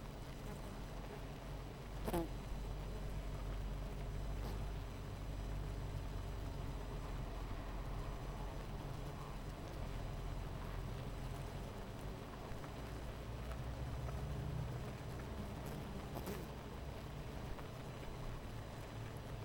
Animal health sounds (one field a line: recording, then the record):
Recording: honeybee colony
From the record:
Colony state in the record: missing queen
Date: 14 July 2017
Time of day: 10:32